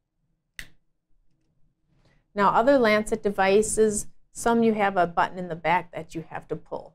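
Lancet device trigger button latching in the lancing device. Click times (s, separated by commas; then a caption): 0.6 s. A plastic button on a lancet lancing device is pulled back until the trigger latches with a sharp click at 0.6 s, cocking the device. After a short pause, someone talks.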